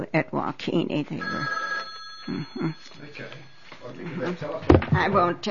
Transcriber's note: A telephone rings in the background